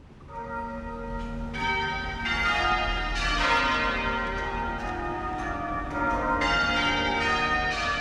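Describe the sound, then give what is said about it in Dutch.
The bells of St. George's Anglican Cathedral in Cape Town ring in a steady, overlapping peal, rung daily for 10 minutes in honour of Desmond Tutu; several bright metallic strikes blend into a rich, sustained wash of ringing tones with no talking. “Dit zijn de klokken van de Anglicaanse kathedraal in Kaapstad, de St.”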